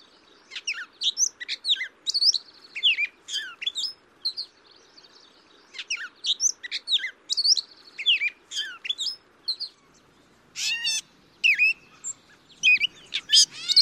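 Grey catbird song: a long jumbled run of varied squeaky, scratchy and whistled phrases, each short, with brief pauses, and harsher notes toward the end.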